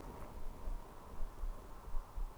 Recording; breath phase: one breath near a microphone; inhalation